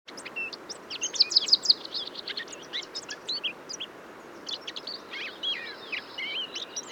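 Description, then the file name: Eurasian blackcap song, a busy jumble of quick high warbled notes with a louder flourish of repeated notes early on, against a faint hiss. "Sylvia atricapilla"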